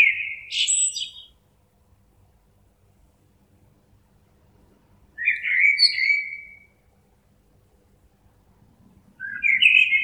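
Bird song with short, squeaky warbling phrases of high chirps and a sweeping trill, repeated roughly every four to five seconds amid silence.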